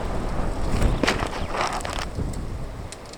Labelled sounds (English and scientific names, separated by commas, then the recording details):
Superb Starling (Lamprotornis superbus) flight call
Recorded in Kenya